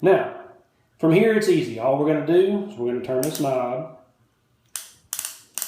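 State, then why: Seated. Someone talks, then the firing pin assembly knob of a Madsen M47 rifle bolt is turned into the bolt body until it stops, giving sharp metallic clicks at 4.8, 5.1 and 5.6 seconds as it passes through the little grooves that lock it in place. The knob is seated and locked in position.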